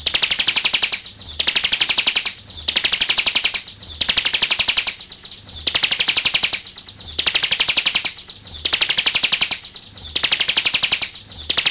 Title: Kicau Ciblek. ciblek jatra